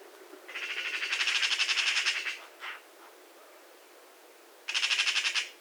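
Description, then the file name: Eurasian magpie giving a harsh, rattling chatter of rapid pulsed notes lasting about two seconds, then a single short note, followed by another shorter rattle burst. "Pica pica"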